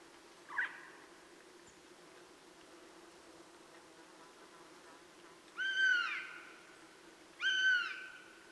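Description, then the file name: Eurasian jay making two harmonic, slurred mewing calls near the end, after a brief quiet note early on and several seconds of near silence. "Garrulus glandarius"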